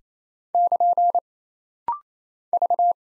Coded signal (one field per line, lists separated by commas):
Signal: Morse code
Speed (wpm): 27 wpm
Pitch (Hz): 700 Hz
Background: none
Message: <KN> V